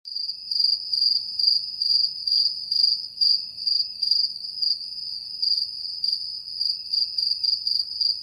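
Cricket chirping, a high-pitched trill pulsing in short bursts, steady throughout.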